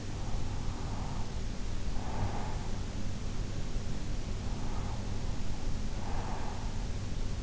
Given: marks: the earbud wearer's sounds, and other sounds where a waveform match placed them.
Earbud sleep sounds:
sounds in sleep by an in-ear microphone; breath
0.00-3.06 s: breath
4.26-6.99 s: breath

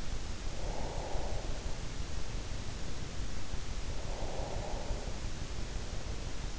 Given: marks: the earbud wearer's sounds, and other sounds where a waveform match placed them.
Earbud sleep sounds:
sounds in sleep by an in-ear microphone; breath
0.60-1.70 s: breath
3.86-5.80 s: breath

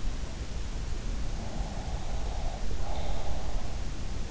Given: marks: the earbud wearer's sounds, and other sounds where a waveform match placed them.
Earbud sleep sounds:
sounds in sleep by an in-ear microphone; breath
1.56-3.62 s: breath

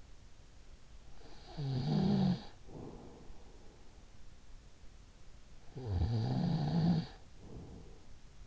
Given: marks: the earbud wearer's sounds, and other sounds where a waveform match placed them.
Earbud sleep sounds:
sounds in sleep by an in-ear microphone; snoring breath
1.01-3.56 s: snoring breath
5.42-8.47 s: snoring breath

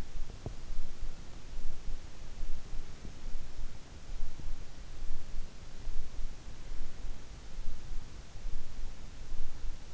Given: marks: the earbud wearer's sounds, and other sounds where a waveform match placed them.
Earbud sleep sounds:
sounds in sleep by an in-ear microphone; teeth grinding
0.00-0.64 s: teeth grinding

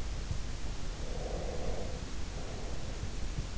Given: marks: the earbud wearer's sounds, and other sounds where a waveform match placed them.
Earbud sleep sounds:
sounds in sleep by an in-ear microphone; breath
1.08-3.42 s: breath

